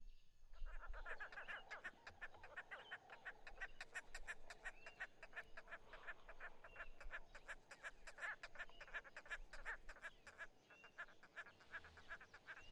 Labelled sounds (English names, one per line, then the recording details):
Rufous-crowned Roller
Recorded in northern Uganda